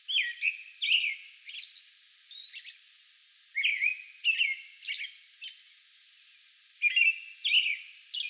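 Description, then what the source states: American robin song: clear caroling whistled phrases in short bursts with pauses between them; high squeaky notes mixed in. Song bout recorded May 11.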